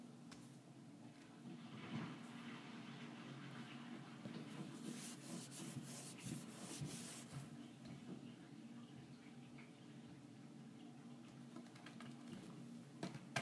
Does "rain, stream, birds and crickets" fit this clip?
no